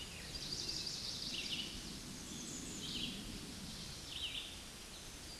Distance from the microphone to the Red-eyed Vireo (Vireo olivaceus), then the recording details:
about 30 m. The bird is about 10 m above the microphone. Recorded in a Pennsylvania forest on 16 May 2024 at 08:50. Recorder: AudioMoth, point MSD-1539. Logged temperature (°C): 16.0 °C. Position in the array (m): 142 m, 17 m